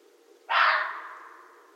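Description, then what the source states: Red fox producing one harsh, breathy bark with a sudden start and a drawn-out fading end. Recorded 13 January 2012.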